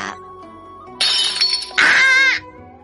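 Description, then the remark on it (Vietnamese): A thrown porcelain teapot, flying from a second-floor room down to the ground-floor lobby, shatters on a hard floor in two loud, bright bursts: a sharp crash, then a louder ringing smash with tinkling shards, over a low steady background hum. “Phòng Lăng Vân ở lầu 2, cái bình trà lọt qua khe cửa, xuyên qua hành lang, bay thẳng luôn xuống sảnh tầng 1.”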